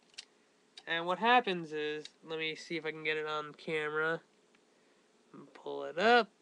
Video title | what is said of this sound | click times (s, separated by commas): shinken maru and inromaru review | until it clicks | 0.2 s